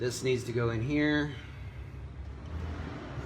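A front camera harness connector for a 2014–2021 Chevy Silverado or GMC Sierra is brought to its mating socket and lined up; it has a key and arrows and twists to lock. Someone talks for the first 1.3 seconds, followed by a low steady hum. Nothing has seated or clicked yet.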